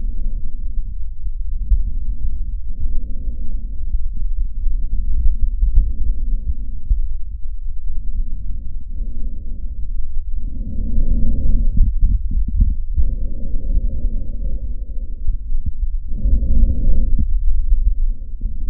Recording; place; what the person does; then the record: lung sounds by stethoscope; trachea; quiet breathing, then deep breathing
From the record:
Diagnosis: interstitial lung disease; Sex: female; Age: 65 years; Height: 156 cm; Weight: 66.8 kg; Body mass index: 27.4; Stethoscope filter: bell mode